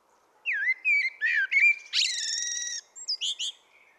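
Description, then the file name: Common blackbird song: melodious whistled notes, then a long harsh, buzzy high section and a few quick squeaky notes at the end. "Turdus merula"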